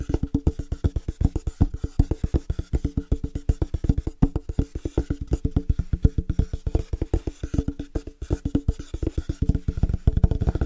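Fast, rhythmic tapping on different surfaces runs steadily through all eleven seconds, the strikes coming in quick, dense bursts of several per second. Each tap is short and mostly low and hollow, with a woody, slightly scratchy edge, and the pattern shifts slightly as surfaces change.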